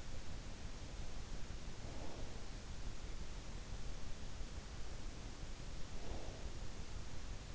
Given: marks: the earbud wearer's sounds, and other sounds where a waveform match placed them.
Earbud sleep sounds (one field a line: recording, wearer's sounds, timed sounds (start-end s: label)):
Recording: sounds in sleep by an in-ear microphone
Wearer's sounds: breath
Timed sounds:
1.47-2.67 s: breath
5.62-6.78 s: breath